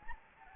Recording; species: mosquito wingbeat signal from an infrared sensor; Anopheles gambiae